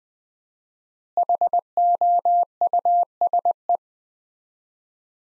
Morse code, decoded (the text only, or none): HOUSE